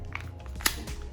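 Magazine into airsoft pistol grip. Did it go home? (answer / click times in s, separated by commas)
yes / 0.1 s, 0.7 s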